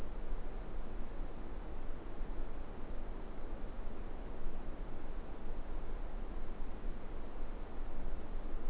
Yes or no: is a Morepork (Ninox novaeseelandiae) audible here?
no